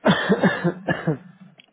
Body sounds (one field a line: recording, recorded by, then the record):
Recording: voluntary cough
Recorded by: telephone call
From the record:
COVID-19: negative